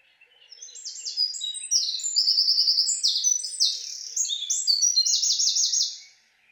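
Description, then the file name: Eurasian wren song: a loud, rapid, high-pitched outpouring of trills and sharp notes lasting about five seconds, ending in a fast rattling trill. "Krapivnik"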